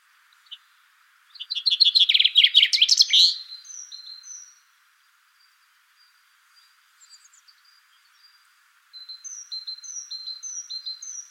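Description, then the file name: Common chaffinch song, a bright series of trilled notes ending in a flourish, followed by fainter high thin notes and a later run of repeated chirps. "Fringilla coelebs"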